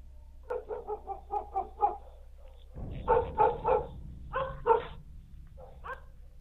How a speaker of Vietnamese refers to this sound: Vừa thấy bóng thầy chạy đến nơi, nó quay ra nhìn thầy, rồi hướng vào trong rừng mà sủa ầm ĩ. Tiếng sủa của con mực trong đêm cảm giác nghe uy phong lắm.